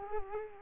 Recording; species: mosquito wingbeat signal from an infrared sensor; Culex quinquefasciatus